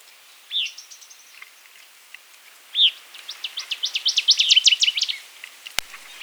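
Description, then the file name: Northern waterthrush song: a few sharp, separate chip notes, then a fast run of bright, emphatic high notes that ends abruptly, followed by a single click. "Northern Waterthrush - Parkesia noveboracensis"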